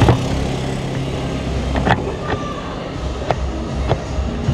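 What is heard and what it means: A DJI Osmo Action 5 Pro action camera is being fitted onto its quick-release mount on a half-face helmet, with the latch needing to click in so the camera doesn't fall off. Brief handling knocks at about 0.1, 1.9, 3.3 and 3.9 seconds sit over a steady low background hum. The camera has not seated or clicked into the mount yet.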